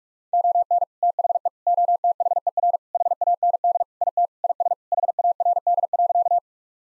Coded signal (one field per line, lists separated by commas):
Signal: Morse code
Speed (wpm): 46 wpm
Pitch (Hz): 700 Hz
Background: none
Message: ON THE OTHER HAND IT IS HARD.